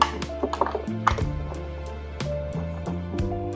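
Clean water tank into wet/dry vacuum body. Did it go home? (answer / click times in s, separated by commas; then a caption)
no / none. A plastic clean-water tank, filled at a sink, is installed into the body of a Roborock F25 wet and dry vacuum cleaner. Sharp knocks and taps sound at about 0.0, 0.6 and 1.1 seconds over steady background music. No click is heard, and the tank has not clicked into place.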